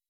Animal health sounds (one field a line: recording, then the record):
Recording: hydrophone in a shrimp aquaculture tank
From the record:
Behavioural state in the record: weakened